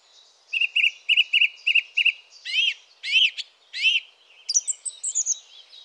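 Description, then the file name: Song thrush song: a short whistled note repeated several times, a rasping phrase given three times, then high twittering notes. "Fernand Deroussen feat Chiff-Chaff - Grive musicienne"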